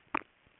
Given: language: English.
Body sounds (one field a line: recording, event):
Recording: throat vibration sensor signal played as sound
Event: swallow